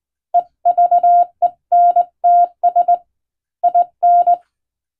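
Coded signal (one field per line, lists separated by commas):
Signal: Morse code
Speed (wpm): 21 wpm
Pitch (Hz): 700 Hz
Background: none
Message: EVENTS IN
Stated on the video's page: Hand-keyed Morse sent on a straight key by a first-class radiotelegraph operator for receiving practice, using a telegram sending practice book; recreates ship-to-shore coast station traffic.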